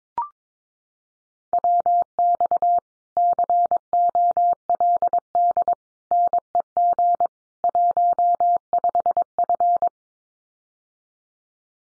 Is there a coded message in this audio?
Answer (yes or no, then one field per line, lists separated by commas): yes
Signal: Morse code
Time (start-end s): 1.5-9.9 s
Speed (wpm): 22 wpm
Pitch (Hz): 700 Hz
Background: none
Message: WX COLD NEG 15F